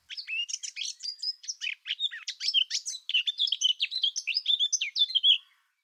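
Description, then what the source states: Eurasian blackcap singing a fluty, warbled verse of quick high notes, hesitant early on, then a richer, continuous burst lasting roughly five seconds in all. Male; song begins tentatively for the first half, then breaks out into sheer confidence at the end.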